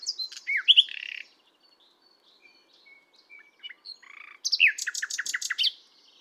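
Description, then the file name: Common nightingale song: loud downslurred notes, a pause with faint thin whistles, then a rapid, loud run of sharp repeated strokes. "Luscinia megarhynchos"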